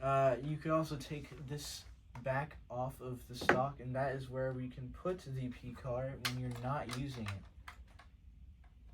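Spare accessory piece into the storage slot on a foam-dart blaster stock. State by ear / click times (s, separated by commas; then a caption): seated / 7.7 s. Someone talks while a spare accessory piece, the "P card", is slid back into the rubber storage slot on the stock of a Dart Zone Mk-4 foam-dart blaster. A sharp click at 7.7 s marks the piece seating in place, followed by a softer tap just after.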